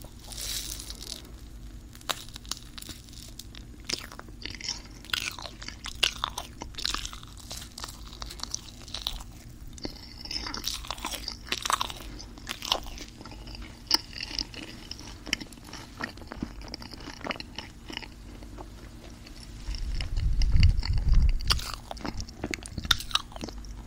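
Crisp chewing and biting of marshmallow, with quick clicks and soft crunches bunched irregularly through the clip over a faint low hum. Near twenty seconds a heavier, muffled rubbing swells for about two seconds, like fingers brushing a microphone.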